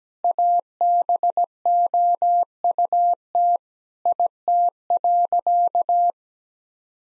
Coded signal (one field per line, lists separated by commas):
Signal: Morse code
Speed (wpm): 17 wpm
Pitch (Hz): 700 Hz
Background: none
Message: ABOUT IT.